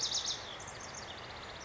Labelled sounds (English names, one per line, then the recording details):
House Wren
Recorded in Sonoma County, California